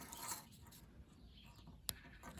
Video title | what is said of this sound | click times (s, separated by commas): Volkswagen POLO/GOLF COIL HARNESS replacement | there you go you can hear a click | 1.9 s